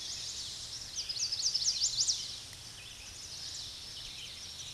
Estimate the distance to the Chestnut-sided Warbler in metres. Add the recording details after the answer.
about 25 m. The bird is about level with the microphone. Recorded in a Pennsylvania forest on 16 May 2024 at 06:32. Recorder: AudioMoth, point MSD-0263. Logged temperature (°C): 16.0 °C. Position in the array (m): 88 m, 182 m